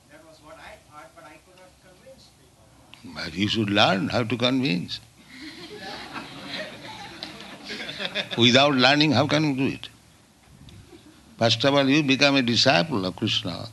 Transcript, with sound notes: That was what I thought, but I could not convince people.
You should learn how to convince. [laughter] Without learning, how can you do it? First of all you become a disciple of Kṛṣṇa.